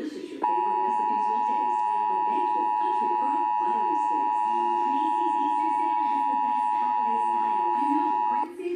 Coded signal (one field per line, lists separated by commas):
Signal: Emergency Alert System (SAME) tones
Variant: 853 and 960 Hz attention tone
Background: speech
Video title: EAS #141 Severe Thunderstorm Watch